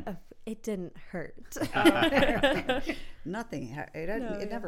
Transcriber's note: laughing